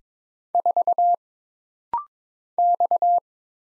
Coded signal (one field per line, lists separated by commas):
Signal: Morse code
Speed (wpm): 22 wpm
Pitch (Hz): 700 Hz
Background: none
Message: 4 X